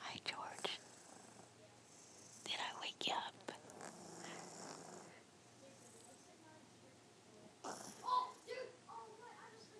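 Soft, breathy, rasping breath sounds recur every few seconds, with a few sharp clicks and a faint steady low hum behind them. This is a cat snoring quietly during sleep.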